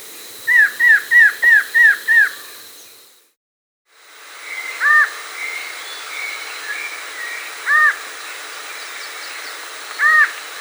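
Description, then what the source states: Variable antshrike calls: a quick run of six harsh, arched notes, then single similar notes spaced a few seconds apart, over a steady background hiss. South America.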